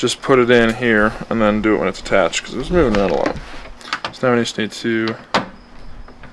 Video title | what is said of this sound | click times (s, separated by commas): Replacing and Wrapping Third Brake Light on Honda CR-Z - CR-Z Build Pt. 1 | that clicks into place yeah it's nice okay | 6.1 s, 6.2 s